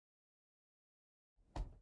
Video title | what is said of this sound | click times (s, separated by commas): Convert Korg Keyboards to Desktop Modules - No Music - Detailed Walkthrough | and this one the smaller of the two clicks kind of kind of as it goes in or it's got a sort of a | 1.6 s